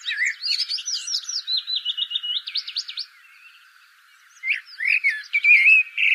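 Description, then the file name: Common blackbird giving a fast, thin twittering run, then after a short break a new phrase. "Turdus merula"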